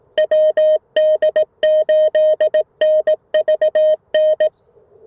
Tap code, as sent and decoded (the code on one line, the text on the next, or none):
none